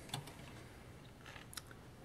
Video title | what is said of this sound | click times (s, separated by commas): KAHR.US Pinball 2000 H+V Sync Combiner | to install one into any computer and this is no different just pops right in like that | 0.1 s